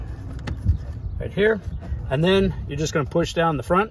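The Motorcraft OEM window switch panel of a 2000–2007 Ford F-250, F-350 or Excursion is being refitted into the door trim, with its rear tab tucked under and the front about to be pushed down. Someone talks throughout, and two short sharp ticks sound near 0.4 and 0.5 seconds. The panel has not yet seated or clicked into place by the end of the clip.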